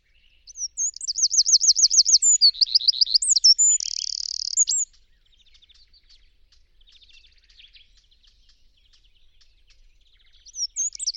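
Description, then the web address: Bird calls: a rapid, high-pitched series of looping, rolling trilled notes, then a short flat buzz, faint softer chips following and a brief high flourish near the end. "cianscape birddata Deverinetal 2025"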